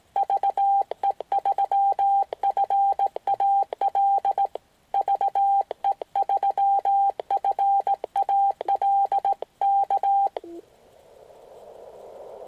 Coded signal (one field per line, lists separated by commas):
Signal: Morse code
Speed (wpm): 18 wpm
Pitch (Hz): 790 Hz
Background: none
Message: VE3FAL VE3FAL K